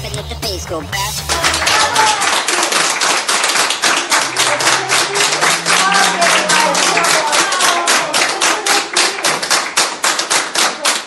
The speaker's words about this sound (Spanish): Así con aplausos celebran la recuperación de este hombre de 93 años en Madrid, hombre que se ha recuperado del virus y ya ha salido de la unidad de cuidados intensivos.